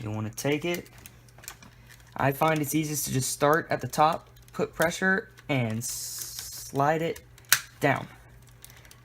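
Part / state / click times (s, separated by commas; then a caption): plastic ball joint of a transforming action figure sliding into its groove / seated / 8.6 s. A plastic ball joint on a transforming action figure is pressed down from the top and slid along its groove during transformation. Someone talks, then soft handling clicks follow, and the joint clicks into place at 8.6 seconds, seating in its groove.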